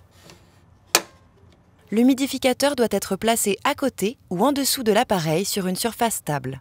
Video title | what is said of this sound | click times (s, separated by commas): Ton Astral 100 / 150® en vidéo | et en le faisant glisser jusqu'à entendre le clac. | 1.0 s